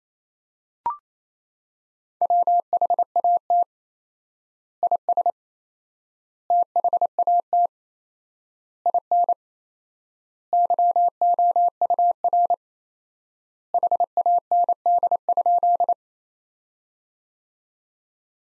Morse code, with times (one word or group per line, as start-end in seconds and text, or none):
2.2-3.6 WHAT
4.8-5.3 IS
6.5-7.7 THAT
8.9-9.3 IN
10.5-12.5 YOUR
13.7-15.9 HAND?